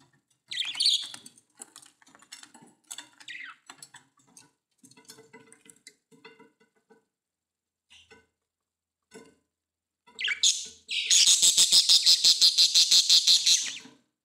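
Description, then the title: Budgerigar chattering softly with scattered chirps and clicks, then breaking into a loud, rapid run of harsh squawk pulses near the end. "Budgie Sounds"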